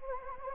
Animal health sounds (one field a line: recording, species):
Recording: mosquito wingbeat signal from an infrared sensor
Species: Anopheles gambiae